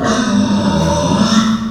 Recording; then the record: squeal of a Yucatan mini pig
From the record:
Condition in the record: after surgery on the right vocal fold (resection and tissue-engineered implant); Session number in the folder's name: 11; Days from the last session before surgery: 98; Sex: female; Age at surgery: 19 weeks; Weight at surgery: 25 kg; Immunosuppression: prednisolone